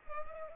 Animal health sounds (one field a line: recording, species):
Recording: mosquito wingbeat signal from an infrared sensor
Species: Culex pipiens